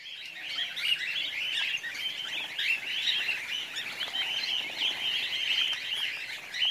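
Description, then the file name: Cockatiel flock calls, many overlapping scratchy, chirruping notes forming a steady, busy chorus with small swells in loudness. Several cockatiels. "BIRD-cockatiels e baines-riv nt"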